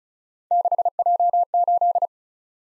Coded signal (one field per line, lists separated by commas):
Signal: Morse code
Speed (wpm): 36 wpm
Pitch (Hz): 700 Hz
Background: none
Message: 6J8